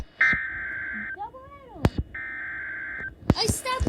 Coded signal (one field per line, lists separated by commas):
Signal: Emergency Alert System (SAME) tones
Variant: header bursts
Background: speech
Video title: EAs Severe Thunderstorm Warning